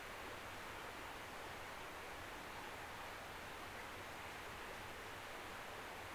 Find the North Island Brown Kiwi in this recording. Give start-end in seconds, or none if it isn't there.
none